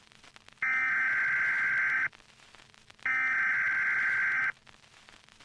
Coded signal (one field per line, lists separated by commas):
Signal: Emergency Alert System (SAME) tones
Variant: header bursts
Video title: Creeternity - An EAS Alert